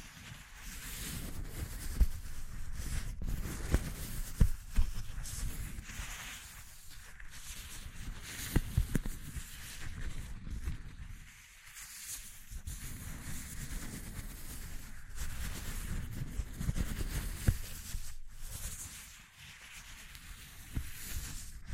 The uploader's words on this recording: ASMR Exploring Textures (No Talking).